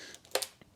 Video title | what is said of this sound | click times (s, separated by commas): Tips For Unfolding and Folding Apollo Scooters | See, it's snapped in there. | 0.4 s